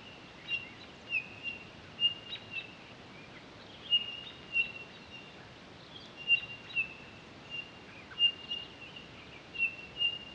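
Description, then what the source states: Townsend's solitaire whistles: many short, even-pitched high tones in loose clusters, some overlapping, with light chipping sounds mixed in. Recorded 23 October 2011.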